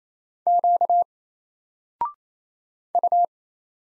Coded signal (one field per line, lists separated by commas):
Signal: Morse code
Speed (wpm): 27 wpm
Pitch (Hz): 700 Hz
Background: none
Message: Q U